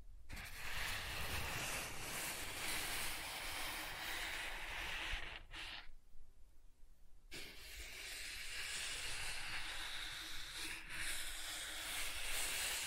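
Soft tracing across a surface makes a steady, dense hiss with low rumbling undertones, pausing briefly around six seconds before resuming.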